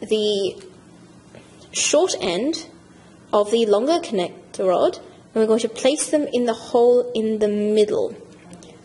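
Someone talks while handling a plastic Lego Mindstorms EV3 connector rod for a sumo robot build, lining up the rod's short end with the middle hole of a plastic building beam, with faint brief ticks near 8.5 s and 8.6 s. The clip ends before the rod goes home, so nothing has seated or clicked yet.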